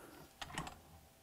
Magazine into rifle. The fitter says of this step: snaps in place make